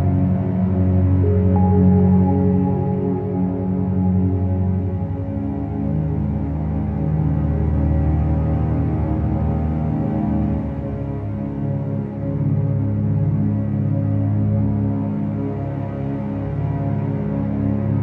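A soft upright piano plays slow, held chords that ring into one another, mostly in the low and middle register with little brightness on top. The level stays fairly even throughout, with gentle swells and no sharp attacks or other sounds.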